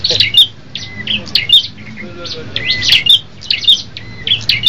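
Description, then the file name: Tailorbird song: bursts of sharp high chirps and short whistles, separated by brief quieter gaps, with a low background hum. Red-headed type; several birds singing together as a group. "audio prenjak kepala merah ombyokan omkicau"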